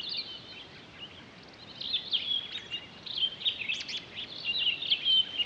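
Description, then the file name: Townsend's solitaire song, quiet at first, then a busy stream of high warbled, whistled notes. On 23 October 2011. "20111023 townsends-solitaire"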